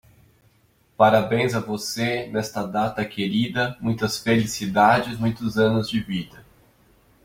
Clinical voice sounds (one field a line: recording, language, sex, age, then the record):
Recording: short text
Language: Brazilian Portuguese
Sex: male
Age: 30 to 39 years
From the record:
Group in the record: control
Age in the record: 35 years